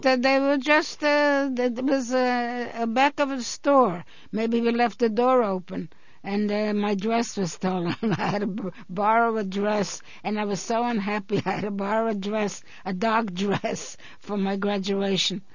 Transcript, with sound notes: No, but they were just, it was back of a store. Maybe we left a door open. And my dress was stolen. (she laughs) I had to borrow a dress. And I was so unhappy, I had to borrow a dress, a dog dress, for my graduation.